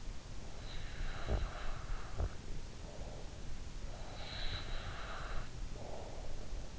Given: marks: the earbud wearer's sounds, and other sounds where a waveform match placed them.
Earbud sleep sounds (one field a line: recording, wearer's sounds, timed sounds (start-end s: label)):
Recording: sounds in sleep by an in-ear microphone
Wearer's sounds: snoring breath, swallowing, breath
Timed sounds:
0.90-2.46 s: snoring breath
1.32-1.63 s: swallowing
2.20-2.46 s: swallowing
4.12-6.37 s: breath